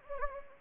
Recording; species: mosquito wingbeat signal from an infrared sensor; Anopheles gambiae